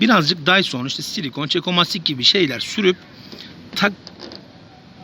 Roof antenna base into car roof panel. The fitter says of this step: böyle takarken de böyle bir çıt diye bir ses gelmesi gel Evet tamam Şu an oturdu